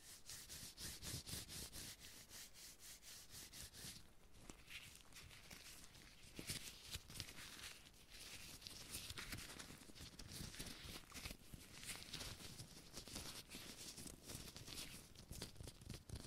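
Gloved hands rubbing and handling material, making a dense, continuous rustling and scraping with many quick crinkly strokes. The texture is bright and hissy over soft low thumps, fairly steady throughout, with brief quieter dips around four, eight and twelve seconds.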